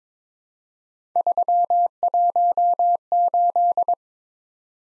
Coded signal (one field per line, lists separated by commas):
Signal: Morse code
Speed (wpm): 22 wpm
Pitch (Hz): 700 Hz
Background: none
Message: 318